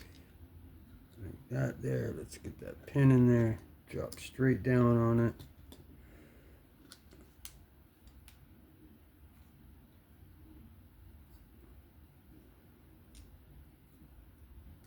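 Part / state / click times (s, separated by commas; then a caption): pin into folding knife handle / not seated / none. During reassembly of a Vosteed Marten folding knife with a milled aluminum handle and 154CM blade, a pin is dropped straight down into the handle while someone talks for the first five seconds. After that, only quiet handling follows, with faint small ticks near 6.9, 7.5 and 8.3 seconds over a low steady background, and nothing has seated or clicked into place yet.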